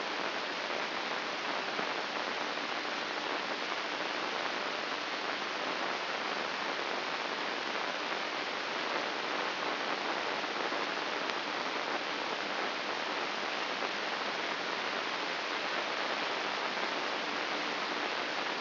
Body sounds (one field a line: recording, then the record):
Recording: brain microelectrode recording played as sound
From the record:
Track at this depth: inside the subthalamic nucleus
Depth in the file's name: 5.083 mm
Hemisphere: left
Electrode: 2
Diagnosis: Parkinson's disease